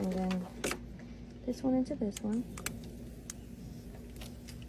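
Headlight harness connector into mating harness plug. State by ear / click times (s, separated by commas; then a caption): seated / 3.3 s. Someone talks while a plastic wiring harness connector for an aftermarket Vland headlight being installed on a BRZ is pushed into its mating harness plug. A sharp click is heard at 3.3 s, and the connector is seated.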